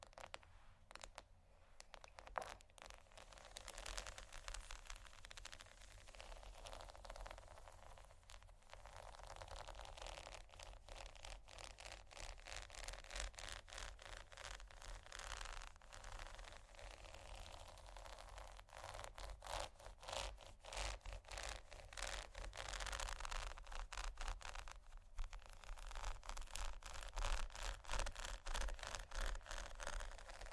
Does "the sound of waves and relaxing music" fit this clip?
no